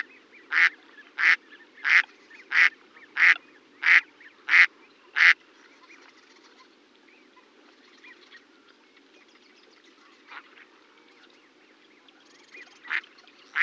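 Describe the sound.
Duck calling with a series of eight loud, even nasal notes about two thirds of a second apart, then a quiet stretch with a few fainter calls near the end.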